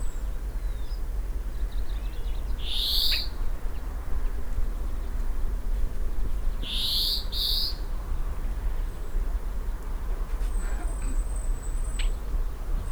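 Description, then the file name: European greenfinch giving a few short wheezy buzzy call notes, followed by a thin level high whistle, all above a steady low hum. "Chloris chloris"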